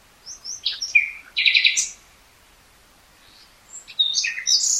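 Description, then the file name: Common nightingale phrase of quick chirps and a dense buzzy burst, a long silence, then another bright, varied phrase. "Luscinia megarhynchos"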